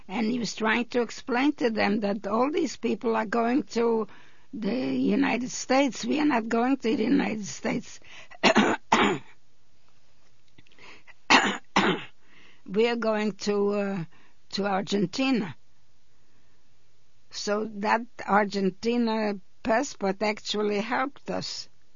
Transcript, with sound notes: And he was trying to explain to them that all these people are going to the United States. We are not going to the United States. (she clears her throat) We are going to, to Argentina. So that Argentina passport actually helped us.